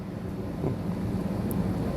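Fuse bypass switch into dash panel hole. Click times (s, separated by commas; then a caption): 0.7 s, 1.5 s. A pre-assembled Roadmaster FuseMaster fuse bypass toggle switch is pushed into a hole in the plastic dash panel of a 2012 Honda CR-V over a steady low rumble. Two sharp clicks are heard at 0.7 s and 1.5 s as it snaps into place, and the switch is seated.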